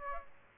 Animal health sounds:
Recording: mosquito wingbeat signal from an infrared sensor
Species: Aedes aegypti

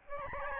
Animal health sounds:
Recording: mosquito wingbeat signal from an infrared sensor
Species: Aedes albopictus

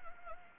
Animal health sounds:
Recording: mosquito wingbeat signal from an infrared sensor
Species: Anopheles gambiae

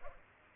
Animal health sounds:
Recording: mosquito wingbeat signal from an infrared sensor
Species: Culex pipiens

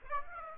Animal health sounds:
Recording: mosquito wingbeat signal from an infrared sensor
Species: Aedes aegypti

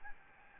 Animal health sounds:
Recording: mosquito wingbeat signal from an infrared sensor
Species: Aedes albopictus

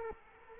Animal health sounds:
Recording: mosquito wingbeat signal from an infrared sensor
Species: Culex quinquefasciatus

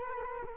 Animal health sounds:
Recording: mosquito wingbeat signal from an infrared sensor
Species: Culex quinquefasciatus

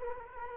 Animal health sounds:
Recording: mosquito wingbeat signal from an infrared sensor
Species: Culex quinquefasciatus

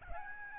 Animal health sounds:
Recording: mosquito wingbeat signal from an infrared sensor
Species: Aedes albopictus

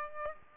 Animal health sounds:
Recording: mosquito wingbeat signal from an infrared sensor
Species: Aedes albopictus

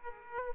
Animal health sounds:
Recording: mosquito wingbeat signal from an infrared sensor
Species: Aedes aegypti

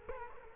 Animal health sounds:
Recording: mosquito wingbeat signal from an infrared sensor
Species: Culex quinquefasciatus

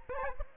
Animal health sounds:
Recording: mosquito wingbeat signal from an infrared sensor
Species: Aedes aegypti

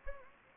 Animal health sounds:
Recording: mosquito wingbeat signal from an infrared sensor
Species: Anopheles gambiae

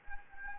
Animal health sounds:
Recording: mosquito wingbeat signal from an infrared sensor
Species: Anopheles gambiae

